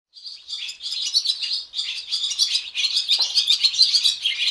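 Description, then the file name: Swallow twittering: rapid, chattering high notes strung together continuously with brief pauses, busy and lively throughout. "jaskółka"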